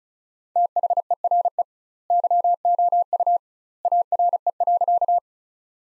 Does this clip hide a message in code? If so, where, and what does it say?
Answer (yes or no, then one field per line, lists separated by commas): yes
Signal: Morse code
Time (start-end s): 0.6-5.2 s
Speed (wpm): 34 wpm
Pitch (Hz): 700 Hz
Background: none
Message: THERE YOU ARE.